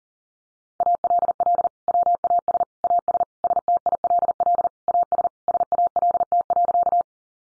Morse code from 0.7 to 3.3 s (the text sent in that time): ALL WAS AS